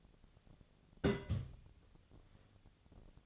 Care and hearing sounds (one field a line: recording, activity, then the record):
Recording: daily activity, microphone in the room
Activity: place on stove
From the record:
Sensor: 4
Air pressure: 1000.8 hPa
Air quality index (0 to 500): 126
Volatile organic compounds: 1 ppm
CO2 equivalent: 948 ppm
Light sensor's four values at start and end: 42/102/43/47 and 42/102/43/48